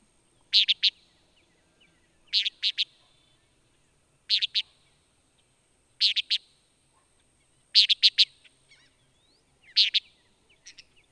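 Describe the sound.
Antillean nighthawk calls: quick clipped three- to four-note bursts, sharp and high, repeated about every two seconds against a quiet background.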